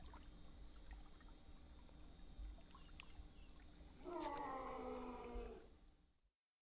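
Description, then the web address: Animal squeak, a drawn-out descending whine lasting over a second, preceded by faint snuffling against a steady low background hum. Snuffling and squeaking sounds. "KMP Film Video Sound Effects. Animal snuffs squeek"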